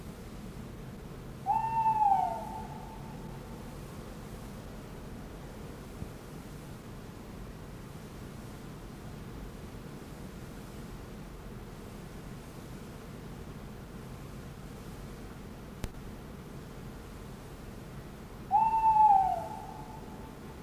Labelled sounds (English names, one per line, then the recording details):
Tawny Owl
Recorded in the wild
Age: adult
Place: Amalienpark, Berlin, DE
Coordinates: 52.5722, 13.4133
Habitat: Stadtpark
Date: 1987-04-15
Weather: 0°C Lufttemperatur
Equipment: Nagra SN, Kopie Tesla B 116
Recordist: Tembrock, Günter
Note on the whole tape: Rufreihen